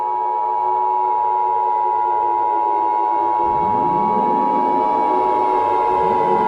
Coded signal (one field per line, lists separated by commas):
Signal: Emergency Alert System (SAME) tones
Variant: 853 and 960 Hz attention tone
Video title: EAS Scenario #4: South Park